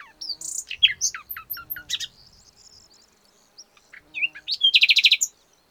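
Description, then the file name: Common nightingale song with rapid jumbled high chirps and whistles, a pause, then a fast rattling series of loud repeated notes. "Luscinia megarhynchos"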